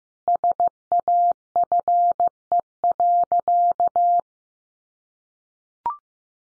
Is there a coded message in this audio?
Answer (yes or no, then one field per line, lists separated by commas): yes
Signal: Morse code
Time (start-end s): 0.3-4.2 s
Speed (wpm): 15 wpm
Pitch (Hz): 700 Hz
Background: none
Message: SAFE.